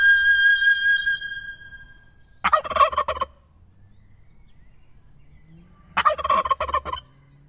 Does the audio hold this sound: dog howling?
no